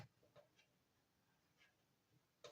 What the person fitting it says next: Oh, that clicked in place.